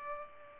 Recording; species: mosquito wingbeat signal from an infrared sensor; Culex pipiens